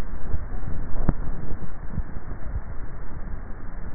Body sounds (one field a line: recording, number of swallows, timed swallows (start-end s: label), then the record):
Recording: swallowing sounds by neck microphone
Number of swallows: 2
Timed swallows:
0.22-1.08 s: swallow
2.45-3.05 s: swallow
From the record:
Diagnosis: dysphagia